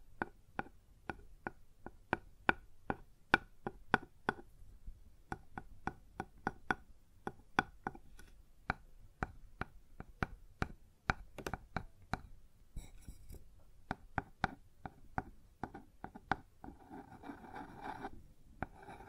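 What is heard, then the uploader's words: Sharp knocks on a wooden surface repeat at a fairly steady pace, roughly two or three per second, each a brief bright tap. Toward the end the taps thin out and a scraping, rubbing sound takes over, with a low steady hum underneath throughout. ASMR Sounds on Wooden Surface (No Talking).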